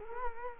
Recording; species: mosquito wingbeat signal from an infrared sensor; Culex quinquefasciatus